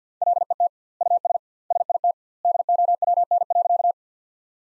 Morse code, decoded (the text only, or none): LET US SIT DOWN.